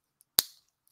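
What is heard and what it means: A metal watch bracelet's clasp is pressed closed on the wearer's own watch, its bearing component snapping into the latch. One sharp, bright click lands at 0.4 s with a short ringing tail, bracketed by faint ticks near 0.2 s and 0.9 s. The clasp clicks positively shut and is seated.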